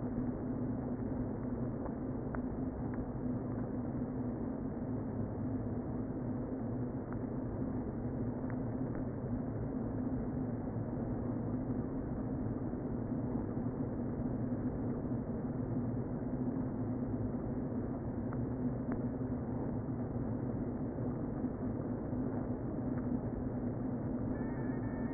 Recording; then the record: honeybee colony, microphone inside the hive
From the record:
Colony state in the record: queen present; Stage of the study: before two queens were removed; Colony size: about 60,000 bees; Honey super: yes